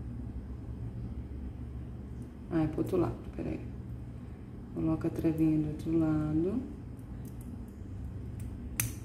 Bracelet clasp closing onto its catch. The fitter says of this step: e aperta deu o clique ela tá fechado